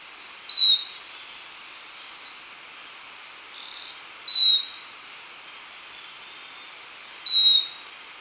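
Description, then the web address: Yellow-collared chlorophonia call: a thin high whistled note repeated roughly every three to four seconds, three times, with a soft background hiss. Ecuador. "Birds of Ecuador. Yellow-collared Chlorophonia"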